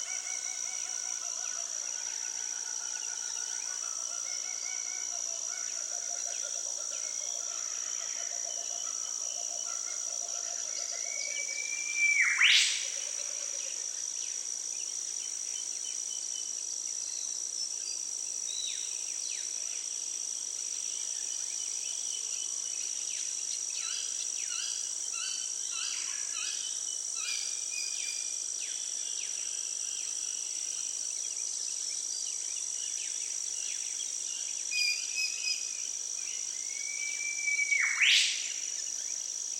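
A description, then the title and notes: Rainforest birdsong over a constant high, shrill cicada drone. An eastern whipbird lets out its sharp, rising whip-crack twice, near 12 and 38 seconds. Softer chirps and warbles from other birds come and go throughout. The Daintree Rainforest. Daintree Rainforest in Queensland Australia. Eastern whipbird/Cicada/Spotted catbird/Graceful honeyeater/Bees/Green catbird/Torresian crow/australian crow/Yellow spotted honeyeater/Brown flyeater/Lewins flyeater/Brown cuckoo dove/Chowcilla.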